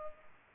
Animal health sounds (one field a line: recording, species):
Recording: mosquito wingbeat signal from an infrared sensor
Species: Culex pipiens